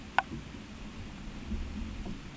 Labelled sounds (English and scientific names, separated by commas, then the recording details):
none
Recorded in pastures near Puerto Asís, Putumayo, Colombia, on 22 December 2024 at 15:00
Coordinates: 0.486, -76.323
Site GP01